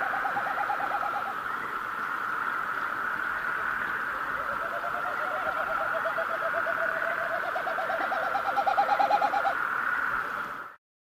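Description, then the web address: Common snipe giving a hollow, rapidly pulsed hooting series in two runs, the second much longer, over a steady background hum, the pulses wavering slightly in pitch. North America. "Songs of Birds of North America. Common Snipe"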